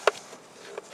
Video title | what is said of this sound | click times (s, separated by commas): Change of the Mercedes SCCM in my Model S. | So, three little clips. Lock those guys in. | 0.1 s